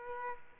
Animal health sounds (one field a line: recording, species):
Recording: mosquito wingbeat signal from an infrared sensor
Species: Aedes aegypti